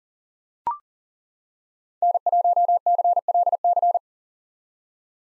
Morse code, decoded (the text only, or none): N1CLC